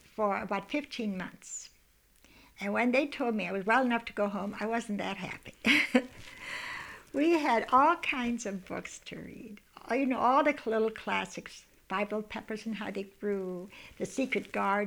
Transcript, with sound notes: for about fifteen months. And when they told me I was well enough to go home I wasn't that happy. ( she laughs ) We had all kinds of books to read. You know, all the little classics, Five Little Peppers And How They Grew, The Secret Garden.